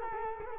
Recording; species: mosquito wingbeat signal from an infrared sensor; Culex quinquefasciatus